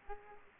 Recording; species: mosquito wingbeat signal from an infrared sensor; Aedes aegypti